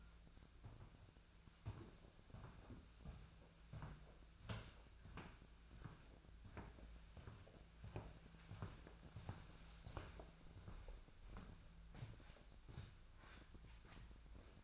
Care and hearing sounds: daily activity, microphone in the room; walk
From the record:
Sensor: 2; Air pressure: 1008.2 hPa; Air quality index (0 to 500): 180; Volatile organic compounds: 10 ppm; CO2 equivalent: 2219 ppm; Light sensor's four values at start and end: 14/33/14/15 and 14/33/14/15

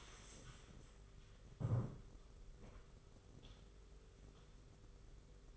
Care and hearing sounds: daily activity, microphone in the room; stand up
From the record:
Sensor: 4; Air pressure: 991.3 hPa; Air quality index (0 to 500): 136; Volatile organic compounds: 53 ppm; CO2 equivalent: 3329 ppm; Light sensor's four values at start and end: 25/81/30/31 and 25/81/30/31

